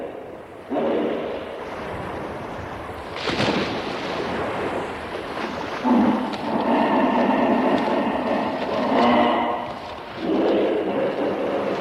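A hippo calls in a deep, rumbling, drawn-out voice that starts just under a second in and keeps going with little pause. The sound swells around three seconds, grows louder and more groaning from about six to ten seconds, dips briefly, then returns. A rough, windy hiss runs underneath throughout.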